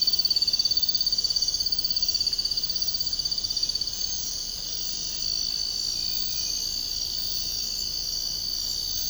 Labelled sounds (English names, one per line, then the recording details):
none
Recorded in secondary vegetation near Puerto Asís, Putumayo, Colombia, on 13 March 2025 at 05:00
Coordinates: 0.502, -76.326
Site G100